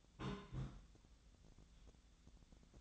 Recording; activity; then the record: daily activity, microphone in the room; place on stove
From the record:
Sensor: 3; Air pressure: 1009.9 hPa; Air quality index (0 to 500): 187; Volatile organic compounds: 14 ppm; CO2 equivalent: 2435 ppm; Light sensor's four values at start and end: 43/106/46/49 and 43/106/46/49